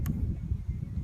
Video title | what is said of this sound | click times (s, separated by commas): MKV (2006-2010) vw jetta LED tail light installation | It just slides right in there and locks into place. | 0.1 s